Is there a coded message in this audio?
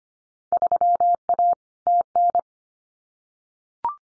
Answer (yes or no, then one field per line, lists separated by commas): yes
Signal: Morse code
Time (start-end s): 0.5-2.4 s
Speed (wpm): 25 wpm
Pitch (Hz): 700 Hz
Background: none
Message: 3A TN